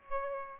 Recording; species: mosquito wingbeat signal from an infrared sensor; Aedes aegypti